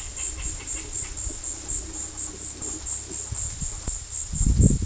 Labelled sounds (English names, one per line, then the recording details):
Yellow-rumped Cacique
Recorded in dense forest near Puerto Asís, Putumayo, Colombia, on 20 February 2024 at 15:30
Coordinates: 0.485, -76.322
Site G6406